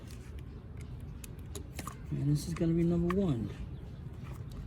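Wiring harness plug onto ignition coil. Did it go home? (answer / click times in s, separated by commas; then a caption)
no / none. A wiring harness plug is handled at the number one ignition coil on a 2000 Toyota Camry during a valve cover gasket replacement, with a few faint ticks and handling noises in the first two seconds. Someone then talks from about 2.2 to 3.5 seconds. Nothing has seated or clicked yet; the clip ends just before the connector goes home.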